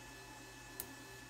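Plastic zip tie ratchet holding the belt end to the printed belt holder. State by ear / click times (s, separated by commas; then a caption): seated / 0.8 s. A large plastic zip tie, threaded through a belt loop and the printed plastic belt holder, is pulled one or two ratchet clicks so it holds the belt end in place before the belt is tensioned. Against a steady low hum, a single short, sharp ratchet click sounds at 0.8 s. The zip tie is seated and holds.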